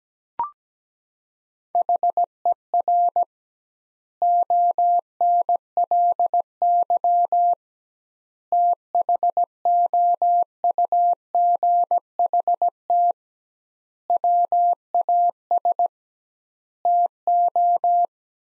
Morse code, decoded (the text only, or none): HER ONLY THOUGHT WAS TO